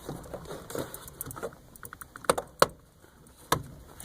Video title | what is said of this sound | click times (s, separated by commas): Haworth cubicle power problems | just like that you'll hear it click and that's pretty much it you just go one at a time | 2.6 s